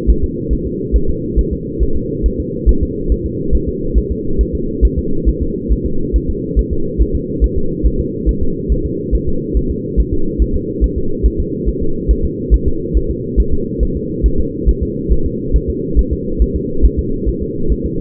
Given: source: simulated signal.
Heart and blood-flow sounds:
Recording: fetal heart sounds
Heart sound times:
0.10 s: S1
0.24 s: S2
0.53 s: S1
0.67 s: S2
0.96 s: S1
1.10 s: S2
1.39 s: S1
1.53 s: S2
1.83 s: S1
1.97 s: S2
2.26 s: S1
2.40 s: S2
2.69 s: S1
2.83 s: S2
3.12 s: S1
3.26 s: S2
3.55 s: S1
3.69 s: S2
3.98 s: S1
4.12 s: S2
4.41 s: S1
4.55 s: S2
4.85 s: S1
4.99 s: S2
5.29 s: S1
5.43 s: S2
5.73 s: S1
5.86 s: S2
6.16 s: S1
6.30 s: S2
6.59 s: S1
6.73 s: S2
7.02 s: S1
7.15 s: S2
7.44 s: S1
7.58 s: S2
7.86 s: S1
8.00 s: S2
8.29 s: S1
8.43 s: S2
8.72 s: S1
8.86 s: S2
9.15 s: S1
9.28 s: S2
9.57 s: S1
9.71 s: S2
10.00 s: S1
10.14 s: S2
10.42 s: S1
10.56 s: S2
10.84 s: S1
10.98 s: S2
11.26 s: S1
11.40 s: S2
11.69 s: S1
11.82 s: S2
12.11 s: S1
12.25 s: S2
12.54 s: S1
12.68 s: S2
12.97 s: S1
13.11 s: S2
13.40 s: S1
13.54 s: S2
13.83 s: S1
13.97 s: S2
14.26 s: S1
14.40 s: S2
14.69 s: S1
14.83 s: S2
15.12 s: S1
15.26 s: S2
15.56 s: S1
15.70 s: S2
15.99 s: S1
16.13 s: S2
16.42 s: S1
16.56 s: S2
16.86 s: S1
16.99 s: S2
17.29 s: S1
17.42 s: S2
17.72 s: S1
17.86 s: S2
From the record:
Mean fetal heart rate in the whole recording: 140 bpm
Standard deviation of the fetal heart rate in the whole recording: 2 bpm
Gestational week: 34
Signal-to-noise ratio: -8.1 dB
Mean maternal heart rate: 72 bpm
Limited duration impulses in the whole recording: absent

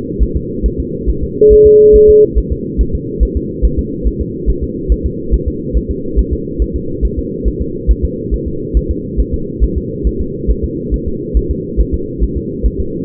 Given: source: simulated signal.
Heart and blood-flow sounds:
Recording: fetal heart sounds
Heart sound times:
0.23 s: S1
0.36 s: S2
0.66 s: S1
0.80 s: S2
1.09 s: S1
1.23 s: S2
1.53 s: S1
1.67 s: S2
1.96 s: S1
2.10 s: S2
2.38 s: S1
2.52 s: S2
2.81 s: S1
2.95 s: S2
3.23 s: S1
3.37 s: S2
3.65 s: S1
3.79 s: S2
4.07 s: S1
4.21 s: S2
4.50 s: S1
4.64 s: S2
4.92 s: S1
5.06 s: S2
5.34 s: S1
5.48 s: S2
5.77 s: S1
5.91 s: S2
6.19 s: S1
6.33 s: S2
6.62 s: S1
6.76 s: S2
7.05 s: S1
7.19 s: S2
7.48 s: S1
7.62 s: S2
7.91 s: S1
8.05 s: S2
8.34 s: S1
8.48 s: S2
8.77 s: S1
8.91 s: S2
9.20 s: S1
9.34 s: S2
9.64 s: S1
9.78 s: S2
10.07 s: S1
10.21 s: S2
10.50 s: S1
10.64 s: S2
10.94 s: S1
11.08 s: S2
11.37 s: S1
11.51 s: S2
11.80 s: S1
11.94 s: S2
12.23 s: S1
12.37 s: S2
12.66 s: S1
12.80 s: S2
From the record:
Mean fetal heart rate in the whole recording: 140 bpm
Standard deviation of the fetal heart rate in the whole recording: 2 bpm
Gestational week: 34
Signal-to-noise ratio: -6.6 dB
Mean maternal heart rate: 72 bpm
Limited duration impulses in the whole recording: present

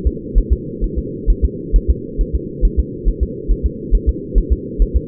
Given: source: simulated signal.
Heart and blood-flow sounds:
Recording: fetal heart sounds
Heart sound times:
0.07 s: S2
0.38 s: S1
0.52 s: S2
0.84 s: S1
0.98 s: S2
1.30 s: S1
1.45 s: S2
1.76 s: S1
1.90 s: S2
2.21 s: S1
2.35 s: S2
2.65 s: S1
2.79 s: S2
3.08 s: S1
3.23 s: S2
3.51 s: S1
3.66 s: S2
3.95 s: S1
4.09 s: S2
4.38 s: S1
4.52 s: S2
4.82 s: S1
4.96 s: S2
From the record:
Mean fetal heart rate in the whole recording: 135 bpm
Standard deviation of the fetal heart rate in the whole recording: 3 bpm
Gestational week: 36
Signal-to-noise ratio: -4.1 dB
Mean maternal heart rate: no maternal heart sound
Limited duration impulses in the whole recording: absent

